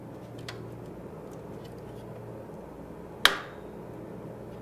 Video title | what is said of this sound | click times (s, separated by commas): Arquitectura de Computadoras 4 de 4 | escucharon el click Bueno pues eso nos indica que ya podemos sacar el procesador el procesador ya está flojo | 3.3 s